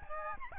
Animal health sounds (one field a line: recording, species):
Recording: mosquito wingbeat signal from an infrared sensor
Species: Aedes albopictus